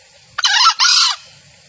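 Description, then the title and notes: Junglefowl call, a single loud two-part harmonic squawk lasting under a second, the second half broad and level, against a quiet background. Female junglefowl call used as a lure for trapping birds in the forest; title also mentions a male junglefowl call used as the lure recording. "Pancingan Suara Ayam Hutan Betina. Suara ayam hutan jantan buat masteran pikat di hutan. Pemikat Ayam Hutan"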